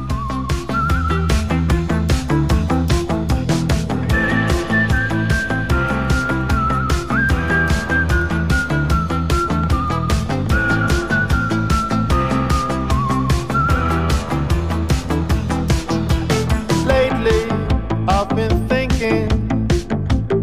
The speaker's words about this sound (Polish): A to taka gwizdałka